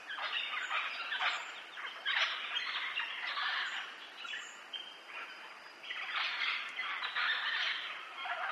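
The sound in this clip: Parrot giving rough, grating squawks in repeated surges, easing off midway before another loud burst.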